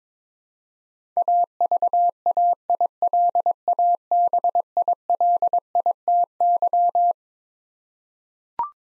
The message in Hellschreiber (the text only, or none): none